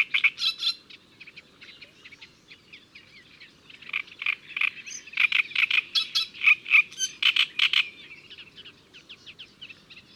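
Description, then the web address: Great reed warbler delivering grating, frog-like syllables in bursts, roughly four per second at its peak, with brief pauses between phrases. Recorded in May. "Mai La Rousserolle turdoide. les-4-saisons-des-chants-doiseaux"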